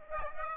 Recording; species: mosquito wingbeat signal from an infrared sensor; Aedes aegypti